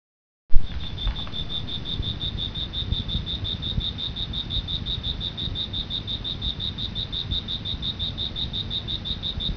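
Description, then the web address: Cricket chirping in a steady, rapid pulsed trill of high, even notes, starting abruptly after a brief silence, over a constant low rumbling background noise. "特酷声音素材库 动物 昆虫 蟋蟀"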